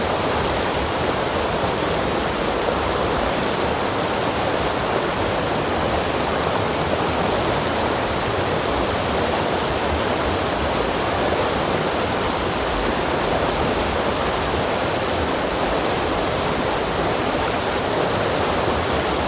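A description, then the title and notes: Water rushes over a large rock in a creek, making a continuous roar that never lets up. The sound is dense and steady from start to finish, full from low rumble up through bright hiss. This was recorded on a sunny afternoon in late winter beside Squaw Valley Creek in Shasta-Trinity National Forest, Shasta County, California. The water was rushing over a large rock, which created a continuous deep glugging sound. Late Winter Afternoon Beside Squaw Valley Creek.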